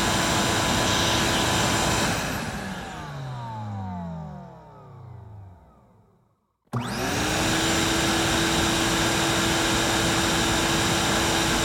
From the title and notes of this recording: Gentle Hoover Sound. High-quality, continuous Hoover sound.